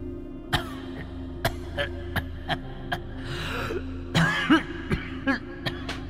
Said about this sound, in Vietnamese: Vừa chạy vừa gào thét, đằng sau là tiếng vó trâu chạy hùng hục, tiếng trâu thở phì phì, và cả tiếng bố của hai ông ấy đang ho khổ khổ vọng lại.